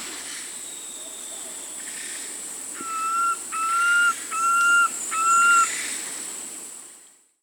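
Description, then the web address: Fasciated antshrike whistling four evenly spaced, level notes in a short series after a quiet start, over a constant high background hiss. Amazon, Peru. "Natures Songs S America Birds of the Amazon 2. Fasciated Antshrike (Cymbilaimus lineatus), Peru"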